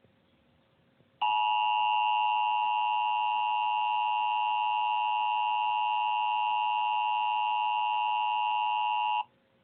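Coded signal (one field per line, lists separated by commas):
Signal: Emergency Alert System (SAME) tones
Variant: 853 and 960 Hz attention tone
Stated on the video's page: Fictional EAS scenario recorded from a screen.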